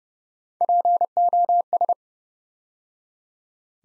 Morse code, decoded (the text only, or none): POS